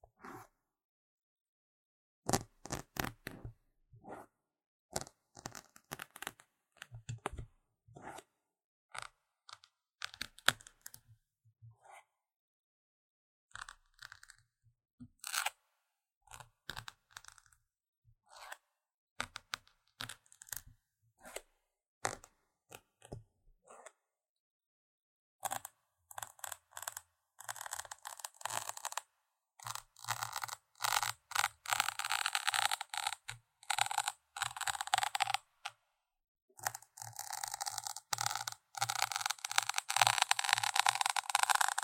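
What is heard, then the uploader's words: Intense scratching in quick, irregular bursts with short silences, turning into denser, bright, continuous scraping after about twenty-six seconds. Tingly Intense Scratching | NO Talking.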